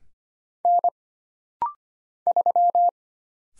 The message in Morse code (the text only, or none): N 3